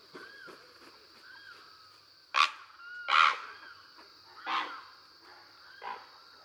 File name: Great Blue Heron